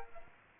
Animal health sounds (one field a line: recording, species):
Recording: mosquito wingbeat signal from an infrared sensor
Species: Aedes aegypti